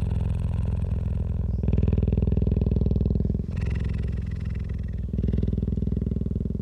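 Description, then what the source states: Cheetah purring, a low rhythmic rumble in alternating stretches of about one and a half to two seconds. Adult cheetah.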